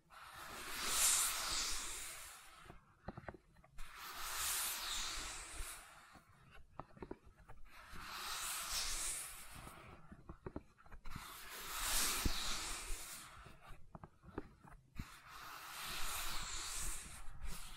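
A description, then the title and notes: Gentle silicon sounds: soft, bright hissing swells that rise and fade in a regular rhythm, about one every four seconds. Between the swells come scattered small clicks and taps, with quiet low rustling underneath throughout. ASMR Gentle Silicon Sounds for Sleep (No Talking).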